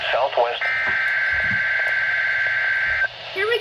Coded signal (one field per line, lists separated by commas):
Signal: Emergency Alert System (SAME) tones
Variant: header bursts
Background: speech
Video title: Required Weekly Test! (EAS 117)